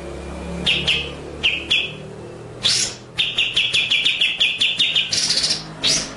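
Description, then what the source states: White-rumped shama song with scattered sharp notes, then a rapid stuttering series of clipped chips and a harsh buzzy burst. Masteran (training) track; full song in the ngerol nembak style.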